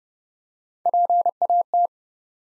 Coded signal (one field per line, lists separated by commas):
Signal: Morse code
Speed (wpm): 30 wpm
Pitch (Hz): 700 Hz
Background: none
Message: PAT